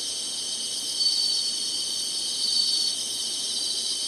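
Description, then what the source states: Insects singing a steady shrill trill, unbroken, with two slight swells in volume. Singing, in summer.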